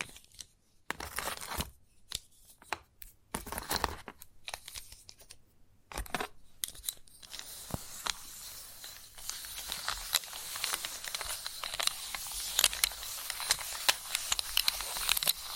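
Chalk sounds: scratchy bursts with silent gaps for the first seven seconds, then a steady, bright, continuous grinding scrape that keeps building in intensity.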